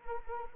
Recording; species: mosquito wingbeat signal from an infrared sensor; Anopheles arabiensis